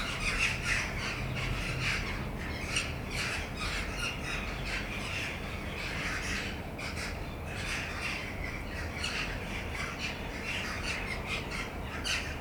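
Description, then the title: Jackdaws calling, many short, harsh 'chack' notes tumbling over one another in a continuous busy chatter, with a low background rumble throughout. Jackdaws in a backyard on 20 December 2010. "ｐａｔｚｒ ｒａｄｉｏ ｔｗｏ ｈｕｎｄｒｅｄ ａｎｄ ｅｉｇｈｔ－ｂ - untitled [backyard, jackdaws ]"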